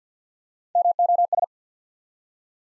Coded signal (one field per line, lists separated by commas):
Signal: Morse code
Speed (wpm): 54 wpm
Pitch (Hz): 700 Hz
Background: none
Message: MOS